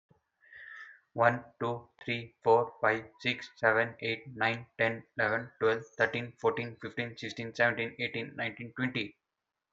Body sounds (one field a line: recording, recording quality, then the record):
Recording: counting at a fast pace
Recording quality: moderate, slight background noise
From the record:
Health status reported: healthy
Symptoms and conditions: none ticked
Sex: male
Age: 23 years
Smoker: not ticked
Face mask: not worn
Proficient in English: yes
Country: India